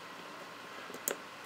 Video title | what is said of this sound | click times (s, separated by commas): discharger shoplight.mpg | it clicks right in if you get it wrong it's going to be crooked in it won't go in | 1.1 s